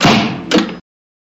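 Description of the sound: Two quick heavy whomping bursts, a sound-effect imitation of a defibrillator shock being delivered.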